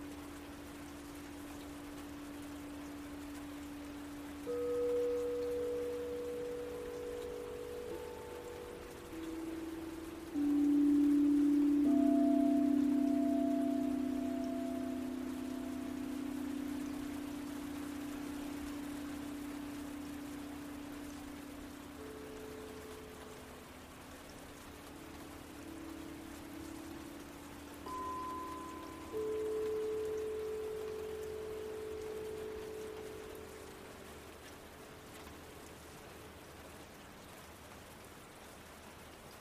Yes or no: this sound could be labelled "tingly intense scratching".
no